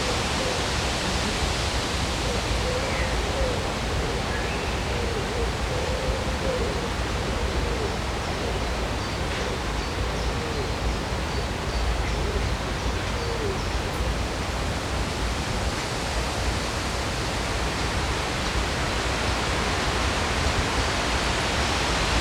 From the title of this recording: Sounds along the river in Odense, Denmark